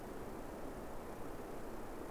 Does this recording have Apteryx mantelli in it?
no